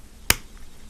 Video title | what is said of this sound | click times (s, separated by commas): Chuck's Reviews POC Snake Eyes | oh you guys hear that snap oh that's a tight fit | 0.3 s